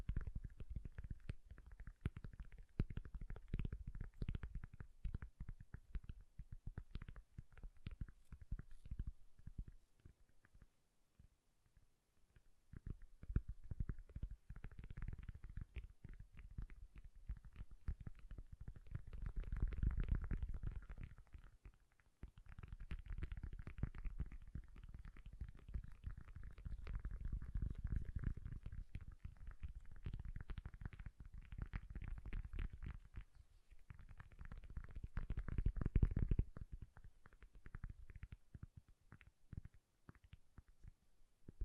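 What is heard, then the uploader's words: Soft, bassy tapping runs through the recording as dense, rapid thuds with a low, muffled weight. The taps thin out briefly around ten to thirteen seconds, then return in heavier clusters, with fuller low swells near twenty and thirty-six seconds. ASMR Bassy and Soft Tapping Sounds.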